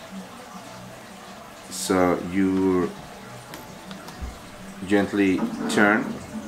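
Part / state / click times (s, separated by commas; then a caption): interchangeable lens into mirrorless camera body mount / not seated / none. An EF-M 11-22mm interchangeable lens is lined up with the mount mark, set on a Canon EOS M50 mirrorless camera body mount, and gently turned while someone talks, with brief faint handling sounds near 3.5 and 3.9 seconds. The clip ends before the lens locks, so nothing has seated or clicked yet.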